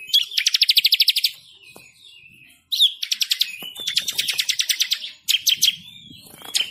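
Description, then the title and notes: Bird song with fast, even trills of high chirps, several rapid rattling phrases separated by brief pauses and scattered clicks. Bird ringtone with a melodious voice. "Burung Dengan Suara Merdu"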